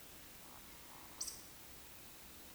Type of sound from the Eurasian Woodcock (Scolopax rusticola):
whistle, croak